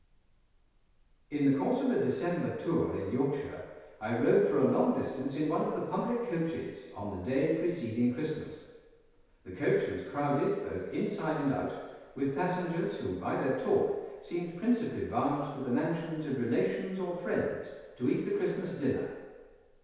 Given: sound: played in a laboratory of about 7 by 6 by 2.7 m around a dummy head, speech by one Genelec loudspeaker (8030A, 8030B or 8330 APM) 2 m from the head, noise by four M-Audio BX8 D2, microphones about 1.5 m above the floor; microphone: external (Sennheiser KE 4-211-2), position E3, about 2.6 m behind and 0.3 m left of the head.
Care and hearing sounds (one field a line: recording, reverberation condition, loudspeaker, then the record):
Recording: male speech in English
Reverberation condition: high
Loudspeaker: 60 degrees to the right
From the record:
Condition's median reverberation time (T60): about 1300 ms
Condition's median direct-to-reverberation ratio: about -4.0 dB